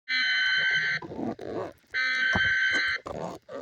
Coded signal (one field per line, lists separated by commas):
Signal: Emergency Alert System (SAME) tones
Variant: header bursts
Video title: huron, OH EAS emergency power plant alarm